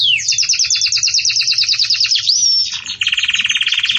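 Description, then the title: Belgian canary song: a fast high trill, a single rising whistle, then a lower rolling trill repeated quickly. Belgian canary song intended for teaching young chicks (encarte de filhotes); song style described as 'campainha' (bell). "Belíssimo Canto Do Canário Belga Campainha Para Encarte De Filhotes"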